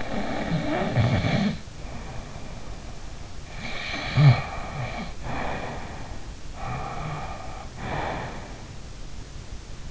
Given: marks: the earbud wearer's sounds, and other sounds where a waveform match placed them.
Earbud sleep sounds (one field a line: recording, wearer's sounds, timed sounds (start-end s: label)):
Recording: sounds in sleep by an in-ear microphone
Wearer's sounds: snoring breath, breath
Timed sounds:
0.00-3.56 s: snoring breath
3.60-6.35 s: snoring breath
6.59-8.71 s: breath